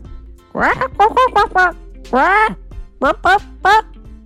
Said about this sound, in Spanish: La gallina cacarea.